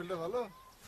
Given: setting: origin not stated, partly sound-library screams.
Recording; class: one-second piece from a danger detection set; normal situation